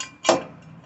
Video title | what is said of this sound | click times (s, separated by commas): The Basics - Securely Raising A Car For Service | See if I can get that second click now. | 0.3 s